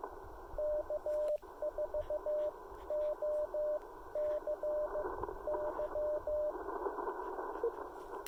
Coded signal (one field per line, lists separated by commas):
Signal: Morse code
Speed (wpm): 17 wpm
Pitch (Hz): 600 Hz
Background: radio noise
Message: K4OCY